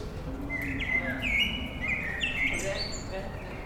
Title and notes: bonn altstadt, amsel - abendstimmung, mai 2003. Amsel am Abend, Bonn 2003.